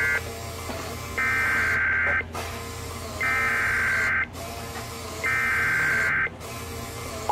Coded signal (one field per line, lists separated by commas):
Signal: Emergency Alert System (SAME) tones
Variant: header bursts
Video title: EAS Compilation: Flooding Fun & Sage Debut (2/17/23) EAS 1605-1622